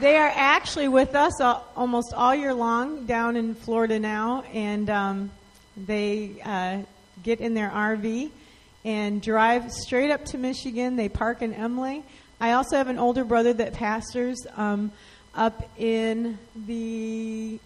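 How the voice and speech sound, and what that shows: One adult woman talks conversationally with a clear, steady mid-pitched voice and natural phrasing. Brief pauses and a few drawn-out fillers fall within ordinary fluent speech; voice quality is typical.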